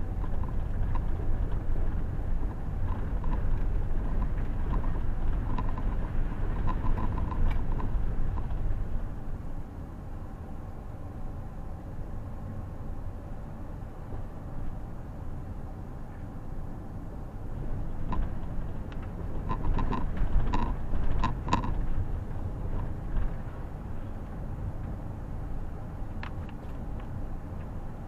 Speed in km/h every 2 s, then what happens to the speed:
22, 22, 25, 26, 23, 21, 22, 24, 24, 24, 27, 25, 25, 23.
0-11 steady at about 22. 11-20 speeds up to 27. 20-28 steady at about 25.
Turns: none.